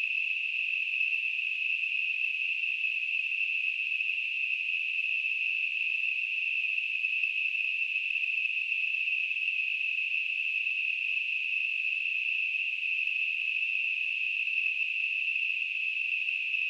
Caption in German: Tinnitus.